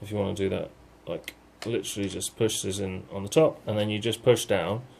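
A plastic floor-head roller is handled on a handheld vacuum, pushed in at the top ready to be pressed down into the floor head, while someone talks throughout. Nothing has seated or clicked yet.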